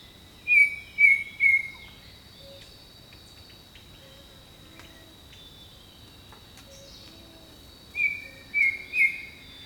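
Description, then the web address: Bird song, three whistled notes in a quick phrase, silence for several seconds, then another three-note phrase, backed by a steady insect drone. Jungle birdsong. "Echoes of Nature - Jungle Talk Jungle Birdsong"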